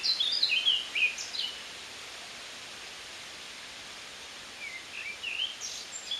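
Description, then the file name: Eurasian blackcap: a brisk burst of warbled notes at the start, a long quiet gap with background hiss, then another short warbling phrase at the end. "Sylvia atricapilla"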